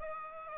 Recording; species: mosquito wingbeat signal from an infrared sensor; Aedes aegypti